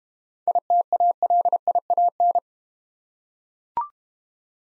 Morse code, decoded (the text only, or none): ITALIAN